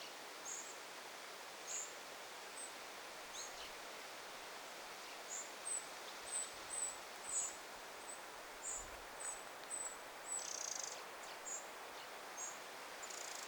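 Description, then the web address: Eurasian wren fledglings begging with very high, thin notes, sparse at first, then a quicker run of calls in the second half, over quiet hiss. Fledglings begging, 9 August 2026. "paivat 9 8 2026 peukaloisen lentopoikaset kerjaavat"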